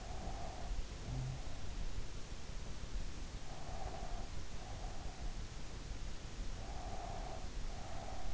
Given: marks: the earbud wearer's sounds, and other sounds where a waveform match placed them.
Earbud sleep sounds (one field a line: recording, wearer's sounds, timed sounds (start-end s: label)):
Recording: sounds in sleep by an in-ear microphone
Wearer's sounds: breath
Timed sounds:
0.00-1.71 s: breath
0.97-1.60 s: sound from someone else or the room
3.48-5.31 s: breath
6.68-8.33 s: breath